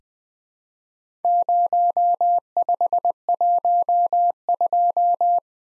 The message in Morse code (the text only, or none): 0512